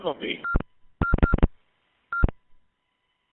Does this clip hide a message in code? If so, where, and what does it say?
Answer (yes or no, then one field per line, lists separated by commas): no